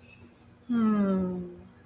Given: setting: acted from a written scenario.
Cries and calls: vocal sound without words; romantic love

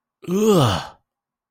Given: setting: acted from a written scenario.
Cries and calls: vocal sound without words; disgust

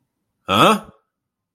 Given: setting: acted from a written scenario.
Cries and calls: vocal sound without words; negative surprise

